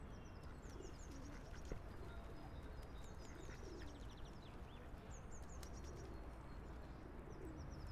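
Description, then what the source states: High birds' chirps come in brief repeated bursts, with a few softer lower calls, over a continuous low background roar. Recorded in a park in Vienna.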